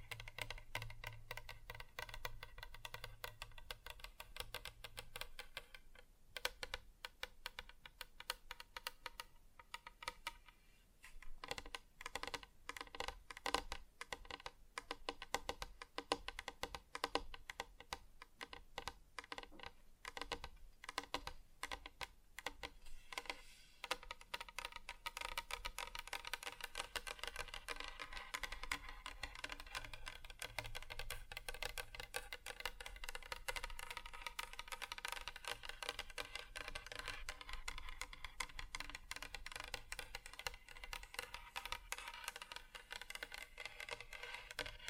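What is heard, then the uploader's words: Fingers tap across different surfaces in quick, uneven bursts of sharp clicks that sound much like typing on a keyboard. The tapping is densest between about six and twenty-four seconds, then shifts to a brighter, busier scratchy rustle for the rest of the clip. ASMR Just Tapping (Different Surfaces No Talking).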